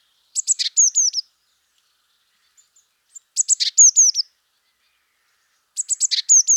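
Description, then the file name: Eurasian blue tit calling: a short burst of high notes, then a few slurred downward notes, the phrase given three times with silence between. "Cyanistes caeruleus"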